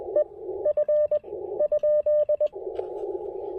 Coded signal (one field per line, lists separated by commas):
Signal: Morse code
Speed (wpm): 21 wpm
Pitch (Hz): 600 Hz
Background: radio noise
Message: EF ?